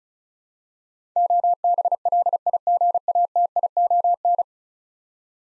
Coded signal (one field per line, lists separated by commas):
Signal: Morse code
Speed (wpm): 36 wpm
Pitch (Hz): 700 Hz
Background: none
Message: OBLIGATION